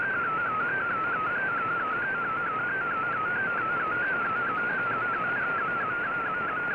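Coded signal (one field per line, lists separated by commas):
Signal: multi-tone FSK (Olivia or MFSK type)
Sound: warbling single tone rapidly stepping between nearby pitches over constant hiss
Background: radio static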